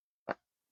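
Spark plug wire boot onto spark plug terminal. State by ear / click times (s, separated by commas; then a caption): seated / 0.3 s. A spark plug wire boot is pushed down onto the spark plug terminal of an FJR motorcycle engine, and its wire clip runs across the threads. This makes a brief zip-like snap at 0.3 s that fades within about a tenth of a second. The boot seats, and the plug wire is connected all the way.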